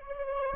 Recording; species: mosquito wingbeat signal from an infrared sensor; Aedes aegypti